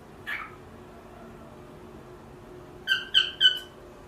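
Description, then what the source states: Cockatiel uttering one soft squeaky note, then after a pause three quick, clear chirps in a row over a low background hiss. Pearl cockatiel.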